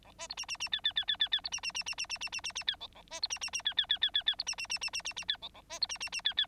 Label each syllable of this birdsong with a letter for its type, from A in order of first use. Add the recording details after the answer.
A B C D D D E E E E E E C D D D D D D D D D D E A A B C D D D E E E E E E C D D D D D D D E A A B C D D D E E. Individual Bird9